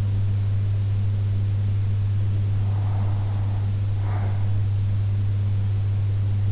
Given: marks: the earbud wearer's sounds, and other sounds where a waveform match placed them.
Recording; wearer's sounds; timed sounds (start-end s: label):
sounds in sleep by an in-ear microphone; breath
2.53-4.53 s: breath